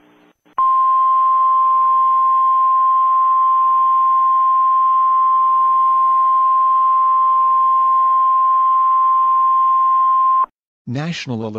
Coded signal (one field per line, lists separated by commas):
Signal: Emergency Alert System (SAME) tones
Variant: 1050 Hz attention tone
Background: speech